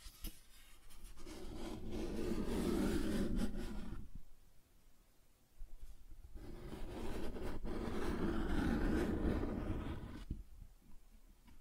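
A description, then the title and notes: Cardboard being scratched and rubbed in two long passes, each lasting about three seconds, from roughly 1 to 4 seconds and again from 6 to 10 seconds. The scraping is dense and gritty, with a low rumbling body and a bright papery hiss. Short quieter gaps separate the passes, with a few sharp clicks. Cardboard Scratching, Tracing, Tearing.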